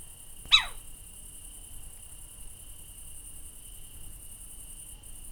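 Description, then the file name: Little owl with one abrupt, steeply descending call near the start, followed by a steady high insect-like buzz. Female. "Sycek obecny samice"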